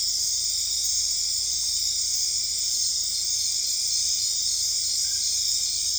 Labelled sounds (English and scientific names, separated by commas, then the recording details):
none
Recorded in dense forest near Puerto Asís, Putumayo, Colombia, on 21 December 2024 at 20:00
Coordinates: 0.485, -76.318
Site GP03